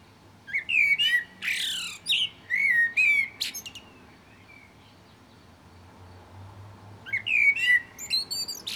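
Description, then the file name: Common blackbird song: two phrases of mellow fluted warbles mixed with thin, squeaky high notes, separated by a few seconds of quiet. "Turdus merula"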